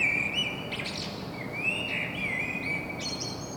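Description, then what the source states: Common blackbird singing a continuous mellow warble, fluted notes sliding up and down with squeaky high twitters mixed in, over a steady low background hum. Common blackbird singing in Saint-Gilles, Belgium; Sony PCM-M10 internal microphone.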